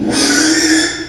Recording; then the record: squeal of a Yucatan mini pig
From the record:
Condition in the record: after surgery on the right vocal fold (resection and tissue-engineered implant); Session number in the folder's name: 3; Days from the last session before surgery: 33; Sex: male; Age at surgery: 12 weeks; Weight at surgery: 13 kg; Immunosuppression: cyclosporine, prednisolone